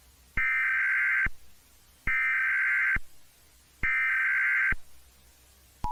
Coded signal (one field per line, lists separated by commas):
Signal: Emergency Alert System (SAME) tones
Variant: header bursts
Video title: [EAS Scenario] Anti-Melody | Part.1